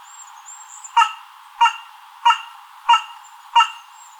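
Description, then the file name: Carrion crow giving five harsh, hoarse caws in an even series, about one every two-thirds of a second, over a faint hiss. "Corvus corone"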